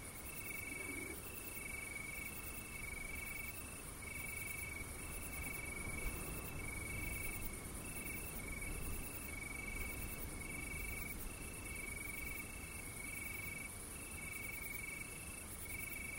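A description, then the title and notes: Crickets chirp at night in steady, evenly spaced pulses, a bright high trill repeating about twice a second with a thin shrill layer above it. Underneath, a low continuous rumble of wind and distant village noise fills the background without pause. Night Time Crickets.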